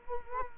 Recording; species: mosquito wingbeat signal from an infrared sensor; Culex quinquefasciatus